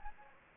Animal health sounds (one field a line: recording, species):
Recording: mosquito wingbeat signal from an infrared sensor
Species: Anopheles gambiae